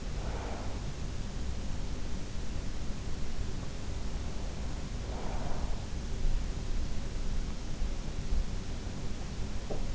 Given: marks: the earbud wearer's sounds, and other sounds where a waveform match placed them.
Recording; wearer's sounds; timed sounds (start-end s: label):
sounds in sleep by an in-ear microphone; breath
0.00-1.33 s: breath
4.19-6.13 s: breath